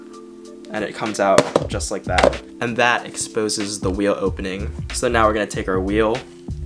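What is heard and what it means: A removable heel wheel is being handled near the heel opening in the sole of a wheeled sneaker while someone talks over background music. A faint thunk comes at about 6.5 s, but the wheel has not yet been jabbed in, and nothing has seated or clicked.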